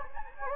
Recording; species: mosquito wingbeat signal from an infrared sensor; Anopheles gambiae